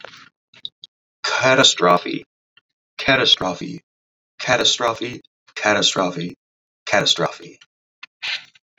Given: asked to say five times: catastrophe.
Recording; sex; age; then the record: repeated word; male; 30 to 39 years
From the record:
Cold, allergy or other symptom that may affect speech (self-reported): no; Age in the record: 36 years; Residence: Wisconsin, United States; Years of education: 14